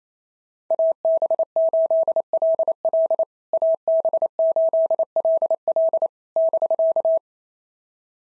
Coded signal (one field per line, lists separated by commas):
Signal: Morse code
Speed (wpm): 28 wpm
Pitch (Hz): 650 Hz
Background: none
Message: AB8LL AB8LL <BK>